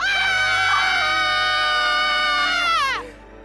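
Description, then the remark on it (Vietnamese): Two young men scream together in terror beside a banyan tree in the dark after an arm reaches out and grabs one of them: a loud, high, sustained cry lasting about three seconds before it falls away in pitch and cuts off. “Bỗng cả hai cùng hét toáng lên vang dội.”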